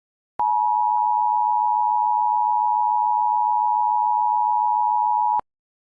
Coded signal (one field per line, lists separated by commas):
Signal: Emergency Alert System (SAME) tones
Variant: 853 and 960 Hz attention tone